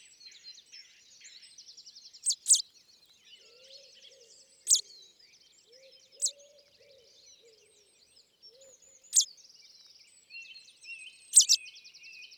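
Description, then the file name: Common chaffinch giving scattered sharp call notes, some doubled, separated by pauses of a few seconds, with softer buzzy trills in the background. "Fringilla coelebs"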